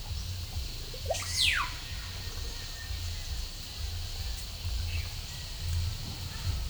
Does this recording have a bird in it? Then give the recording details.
yes. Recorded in pastures near Puerto Asís, Putumayo, Colombia, on 18 December 2024 at 11:00. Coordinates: 0.497, -76.327. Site G088